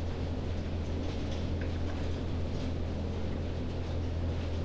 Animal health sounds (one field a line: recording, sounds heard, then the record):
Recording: poultry house recording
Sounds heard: no chicken sound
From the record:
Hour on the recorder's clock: 20